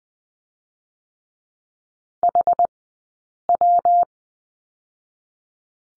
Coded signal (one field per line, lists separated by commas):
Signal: Morse code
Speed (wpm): 20 wpm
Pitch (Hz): 700 Hz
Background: none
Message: HW